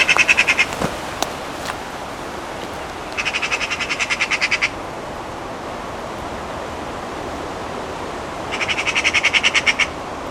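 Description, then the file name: Eurasian magpie giving three dry, machine-gun chatters, each a fast run of harsh repeated notes, spaced several seconds apart over steady background hiss. "Pica pica"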